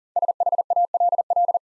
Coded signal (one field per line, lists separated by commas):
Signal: Morse code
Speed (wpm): 40 wpm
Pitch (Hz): 700 Hz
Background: none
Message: SHALL